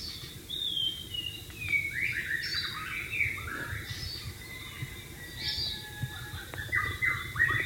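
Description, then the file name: White-rumped shama song of soft, varied whistles and slurred phrases throughout, somewhat masked by steady background noise. "suara burung murai batu di alam liar"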